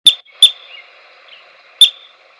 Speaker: Here's the sound of a groundhog.